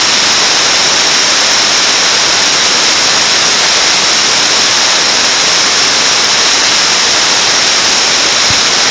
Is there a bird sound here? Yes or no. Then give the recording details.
no. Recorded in secondary vegetation near Puerto Asís, Putumayo, Colombia, on 9 March 2025 at 11:30. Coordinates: 0.484, -76.319. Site G010